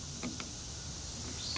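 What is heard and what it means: A fuel filler cap is turned back onto the fuel filler neck of a pickup truck until its ratchet gives one quiet click at 0.4 s. The click confirms the cap is tight, reinstalled because a loose cap may have caused the check engine light.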